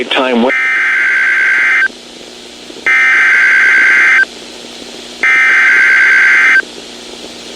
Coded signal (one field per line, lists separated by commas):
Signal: Emergency Alert System (SAME) tones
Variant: header bursts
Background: speech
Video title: Severe Thunderstorm Watch #112 on KEC76 4/27/21 (EAS #576)